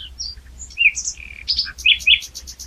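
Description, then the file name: Common nightingale song fragment: short varied whistles and chirps in quick succession, ending in rapid repeated high notes over faint low background noise. "Luscinia megarhynchos"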